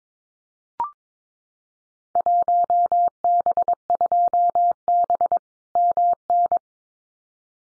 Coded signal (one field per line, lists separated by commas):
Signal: Morse code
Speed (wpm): 22 wpm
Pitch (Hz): 700 Hz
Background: none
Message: 1B2B MN